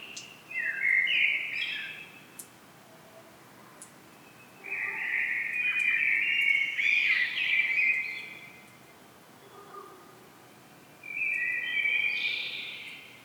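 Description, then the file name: Common blackbird singing three warbled phrases several seconds apart. "Turdus merula"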